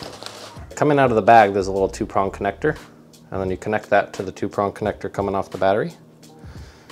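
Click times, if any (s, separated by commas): none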